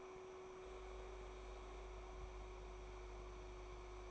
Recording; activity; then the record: daily activity, microphone in the room; make coffee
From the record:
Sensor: 1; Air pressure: 1014.8 hPa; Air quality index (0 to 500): 188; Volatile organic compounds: 25 ppm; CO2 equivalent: 2847 ppm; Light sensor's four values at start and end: 4/10/3/3 and 4/10/3/3